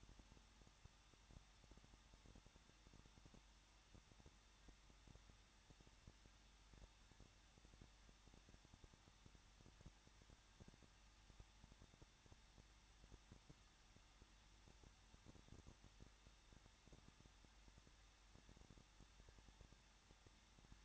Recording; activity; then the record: daily activity, microphone in the room; no activity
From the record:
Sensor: 3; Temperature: 21.2 degrees Celsius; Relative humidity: 36.3%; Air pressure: 1006.2 hPa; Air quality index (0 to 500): 221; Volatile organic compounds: 41 ppm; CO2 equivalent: 3160 ppm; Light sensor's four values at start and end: 2/3/2/2 and 2/3/2/2